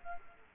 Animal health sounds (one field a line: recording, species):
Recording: mosquito wingbeat signal from an infrared sensor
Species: Culex quinquefasciatus